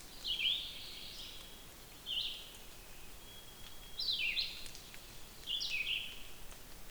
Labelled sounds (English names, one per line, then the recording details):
Red-eyed Vireo song
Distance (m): 25 m
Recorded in boreal forest in Alberta, Canada, on 5 June 2016 at 06:39
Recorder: SongMeter 3, array SBT-3-51
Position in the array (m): 181 m, 99 m